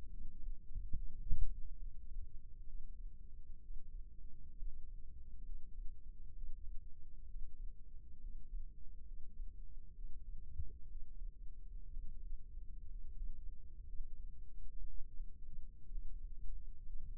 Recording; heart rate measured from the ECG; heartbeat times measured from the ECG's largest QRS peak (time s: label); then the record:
heart sounds by microphone in the left ear; 64 bpm
0.10 s: heartbeat
0.96 s: heartbeat
1.78 s: heartbeat
2.66 s: heartbeat
3.61 s: heartbeat
4.58 s: heartbeat
5.45 s: heartbeat
6.34 s: heartbeat
7.27 s: heartbeat
8.20 s: heartbeat
9.07 s: heartbeat
9.95 s: heartbeat
10.88 s: heartbeat
11.90 s: heartbeat
12.89 s: heartbeat
13.86 s: heartbeat
14.86 s: heartbeat
15.90 s: heartbeat
16.86 s: heartbeat
From the record:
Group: healthy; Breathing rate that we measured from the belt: 15 breaths a minute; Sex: male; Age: 22 years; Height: 181 cm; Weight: 79 kg